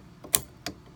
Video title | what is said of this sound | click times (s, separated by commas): Cricut Pen Draw Tutorial | clicks down and I look it in place | 0.3 s